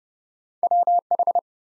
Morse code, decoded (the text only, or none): WH